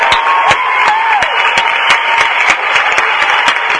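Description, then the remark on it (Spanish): Audience applause, a steady wash of many hands clapping for about four seconds, loud and sustained with sharp individual claps popping out of the dense texture. “¡Aplausos otra vez, por favor!”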